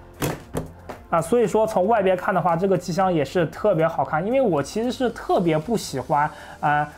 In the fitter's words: 另外的话，它的这个玻璃的话也全部都是卡扣设计的，它没有任何的螺丝，直接是这样卡扣卡上去的。